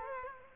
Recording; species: mosquito wingbeat signal from an infrared sensor; Culex quinquefasciatus